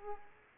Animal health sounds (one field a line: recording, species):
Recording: mosquito wingbeat signal from an infrared sensor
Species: Aedes aegypti